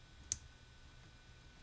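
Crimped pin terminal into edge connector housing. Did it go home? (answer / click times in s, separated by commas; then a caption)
yes / 0.3 s. A crimped metal pin terminal is pushed, rounded side facing in, into the plastic edge connector housing of an Atari Asteroids Deluxe Cabaret during an edge connector replacement. A single sharp, bright snap is heard at 0.3 s against a quiet low hum. The terminal snaps into place and is seated.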